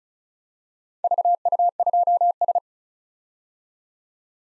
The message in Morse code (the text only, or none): VU2S